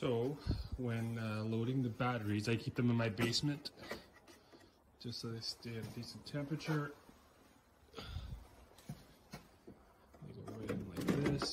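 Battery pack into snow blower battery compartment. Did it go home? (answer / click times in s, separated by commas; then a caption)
no / none. Someone talks while a 56V battery pack is handled and brought to the battery compartment of an Ego two-stage snow blower. A few soft handling knocks and rustles build up near the end. The clip ends before the pack is pushed home, so nothing has seated or clicked yet.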